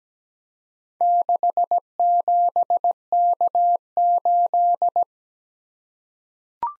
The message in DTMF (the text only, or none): none